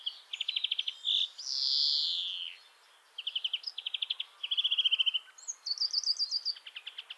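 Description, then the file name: European greenfinch song: repeated fast trills and twitters, with a long buzzy wheeze near the start and more rattling trills following. "Chloris chloris"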